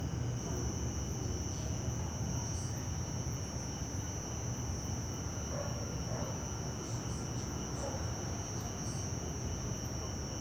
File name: Ambiencia residencial fim de tarde muitos grilos e cigarra, aviao passa longe e devagar, pessoas dentro de casa e morcegos